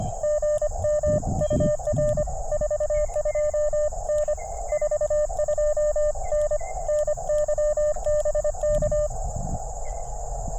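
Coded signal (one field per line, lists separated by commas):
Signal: Morse code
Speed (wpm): 25 wpm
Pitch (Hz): 600 Hz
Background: none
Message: GM UR 42N 42N NY BK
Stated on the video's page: CW Parks On The Air activation on a multi-state trail park.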